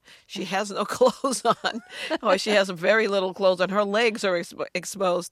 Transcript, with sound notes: She has no clothes on.
(SOUNDBITE OF LAUGHTER)
Or she has very little clothes on. Her legs are exposed.